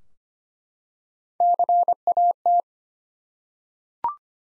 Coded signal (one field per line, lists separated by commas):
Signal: Morse code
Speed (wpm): 25 wpm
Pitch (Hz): 700 Hz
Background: none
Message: CAT